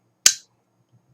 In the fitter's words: And you hear it snap.